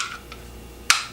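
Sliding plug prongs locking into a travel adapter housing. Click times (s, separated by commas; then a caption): 0.9 s. US plug prongs are slid out of a plastic travel adapter housing. A faint tick comes at 0.3 s, then a sharp, bright snap at 0.9 s as the prongs lock into place. The prongs are seated.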